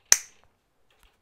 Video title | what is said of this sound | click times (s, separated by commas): Babyliss Gold FX & Las Vegas Barber Expo Review | thing's not going anywhere if it really clicks in there you can hear it locked | 0.1 s